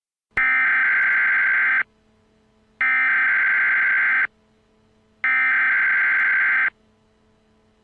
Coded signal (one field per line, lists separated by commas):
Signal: Emergency Alert System (SAME) tones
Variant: header bursts